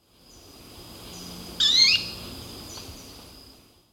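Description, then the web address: Jet manakin giving a single short, buzzy, wavering note about midway through, over a steady high whine. Ecuador. "Birds of Ecuador. Jet Manakin"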